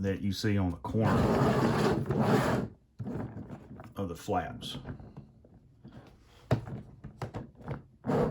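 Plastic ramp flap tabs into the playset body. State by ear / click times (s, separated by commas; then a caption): not seated / none. Someone talks while handling the plastic ramp of a Matchbox Animal Safari Rescue Playset, whose flaps have corner tabs meant to lock it into the playset body, making a few short sharp knocks and light plastic taps. Nothing has seated or clicked into place yet.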